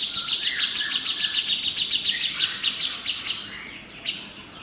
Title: Cucak Jenggot